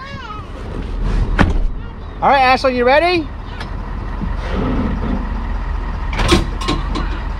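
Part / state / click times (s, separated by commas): RV trailer kingpin into truck fifth-wheel hitch / seated / 6.1 s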